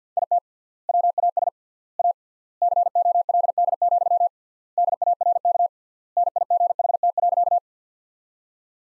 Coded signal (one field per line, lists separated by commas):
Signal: Morse code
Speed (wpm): 50 wpm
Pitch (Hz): 700 Hz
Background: none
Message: IT WAS A COLD, DARK NIGHT.